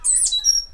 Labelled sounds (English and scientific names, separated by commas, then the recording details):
Stitchbird (Notiomystis cincta) song
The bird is a male
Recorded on Tiritiri Matangi Island, New Zealand, in 2005
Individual 8, of nest box 10